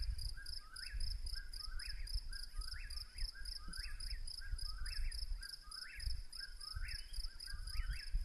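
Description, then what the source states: Eastern whip-poor-will: repeated rising whistled phrases, with a continuous high-pitched insect drone and low background rumble. Several birds recorded at night.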